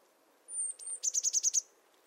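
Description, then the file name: Eurasian blue tit: one thin, very high drawn-out note, then a quick run of about six sharp, high ticking notes. "Cyanistes caeruleus"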